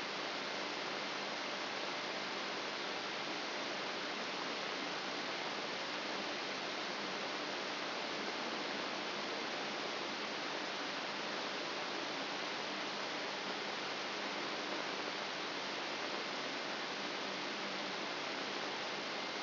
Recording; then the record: brain microelectrode recording played as sound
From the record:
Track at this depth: inside the subthalamic nucleus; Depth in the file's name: 5.301 mm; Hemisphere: left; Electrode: 3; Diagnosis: Parkinson's disease